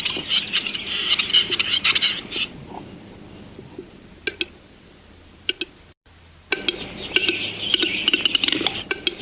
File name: Gallo cedrone (Tetrao urogallus)